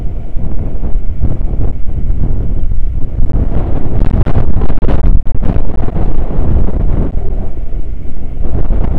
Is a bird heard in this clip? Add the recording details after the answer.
no. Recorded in the Prudhoe Bay oil fields, Alaska, on 9 August 2019 at 00:01. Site 29